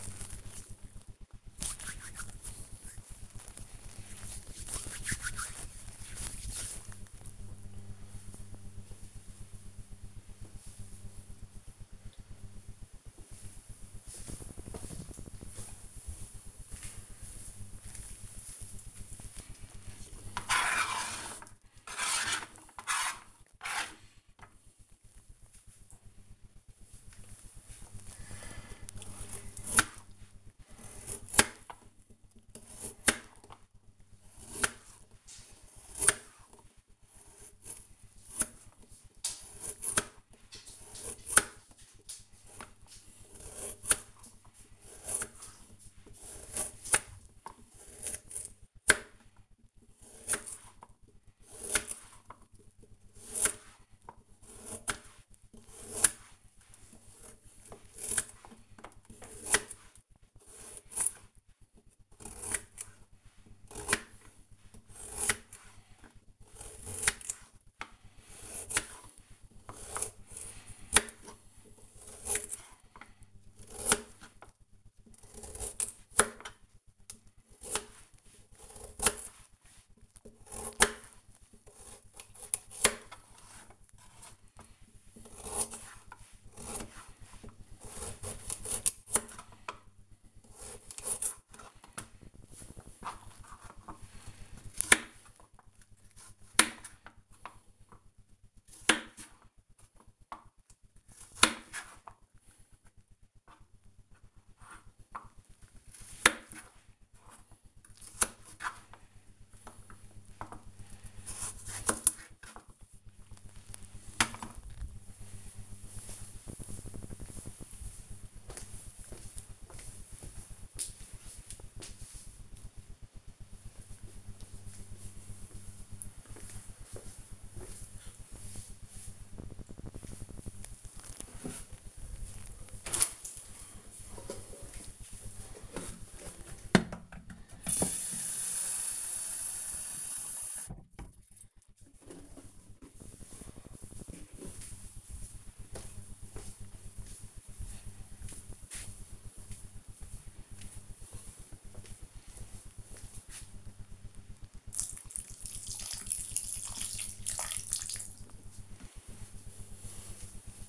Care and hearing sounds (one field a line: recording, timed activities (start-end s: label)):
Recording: household activities, microphone on the right wrist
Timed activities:
0.00-6.43 s: disinfecting hands
26.48-113.72 s: cutting vegetables
130.86-160.69 s: watering plant